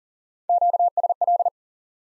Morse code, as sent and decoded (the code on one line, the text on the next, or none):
--.- ... .-..
QSL